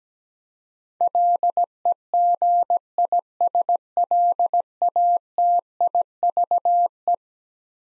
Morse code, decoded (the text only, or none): LEGISLATIVE